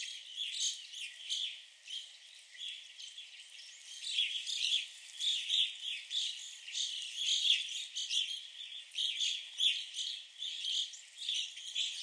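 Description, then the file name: Chirping calls of evening grosbeaks, many short clear notes overlapping in a continuous busy chorus. At a visitor center in Sax-Zim Bog. "Evening Grosbeaks at the Sax-Zim Bog Visitor Center"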